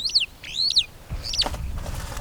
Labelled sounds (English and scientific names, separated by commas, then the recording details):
Superb Starling (Lamprotornis superbus) flight call
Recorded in Kenya